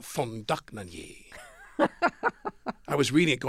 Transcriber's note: laughter